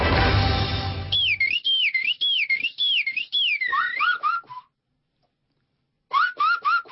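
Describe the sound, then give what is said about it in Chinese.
A performer from Taipingqiao Subdistrict, Fengtai District, Beijing imitates birdsong by blowing on an ordinary tube of toothpaste, producing bright, high warbling whistles in rapid looping phrases, pausing for about a second and a half before another short burst of chirps. “刚才的鸟叫声并不是来自于大自然，而是来自于太平桥街道的创意达人”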